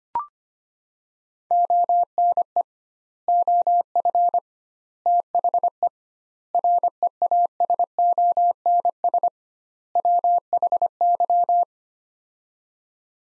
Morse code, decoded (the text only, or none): ONE OF THE REASONS WHY